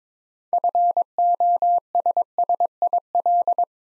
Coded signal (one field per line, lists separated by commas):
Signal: Morse code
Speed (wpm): 22 wpm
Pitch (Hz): 700 Hz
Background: none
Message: FOSSIL